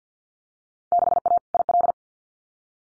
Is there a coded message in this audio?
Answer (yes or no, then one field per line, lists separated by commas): yes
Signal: Morse code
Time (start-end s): 0.9-1.9 s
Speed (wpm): 50 wpm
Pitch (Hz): 700 Hz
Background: none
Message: 6A IL